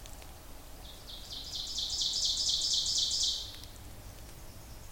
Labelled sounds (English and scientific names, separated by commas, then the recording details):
Ovenbird (Seiurus aurocapilla) song
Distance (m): 30 m
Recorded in boreal forest in Alberta, Canada, on 26 May 2016 at 07:19
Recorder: SongMeter 3, array SBT-3-15
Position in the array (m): 41 m, 225 m
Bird 20